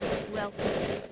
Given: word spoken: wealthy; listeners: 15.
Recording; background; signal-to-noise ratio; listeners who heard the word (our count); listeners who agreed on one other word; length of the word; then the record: one English word in noise, from a listening test; noise modulated by three-talker babble; -6.3 dB; 4 of 15; 8 of 15; 0.72 s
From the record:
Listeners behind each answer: 8, 4, 1, 1, 1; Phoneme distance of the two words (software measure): 27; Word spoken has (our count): 2 syllables, 5 phonemes, stress on syllable 1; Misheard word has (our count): 2 syllables, 6 phonemes, stress on syllable 1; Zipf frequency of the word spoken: 4.13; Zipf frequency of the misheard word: 5.42